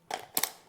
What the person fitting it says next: Là ça clipse.